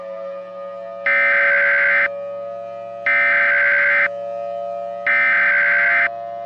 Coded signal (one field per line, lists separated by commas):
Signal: Emergency Alert System (SAME) tones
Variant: header bursts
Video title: *VALID TONES* Colorado Springs Nightmare (EAS Mini-Scenario)